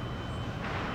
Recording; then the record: background sound without coughing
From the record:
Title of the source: 30 MINUTES Construction Site Ambience (CC BY 4.0)